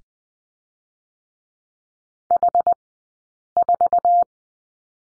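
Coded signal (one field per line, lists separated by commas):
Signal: Morse code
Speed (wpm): 20 wpm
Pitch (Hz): 700 Hz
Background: none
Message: H4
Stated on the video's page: Morse code course lesson on the letter H, sent at a Farnsworth speed of 20/10 wpm.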